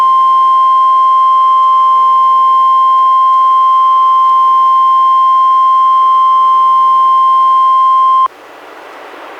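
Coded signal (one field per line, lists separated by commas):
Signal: Emergency Alert System (SAME) tones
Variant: 1050 Hz attention tone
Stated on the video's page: NOAA Weather Radio flood warnings, the second without SAME tones, recorded directly from a Reecom R-1630 weather radio via USB.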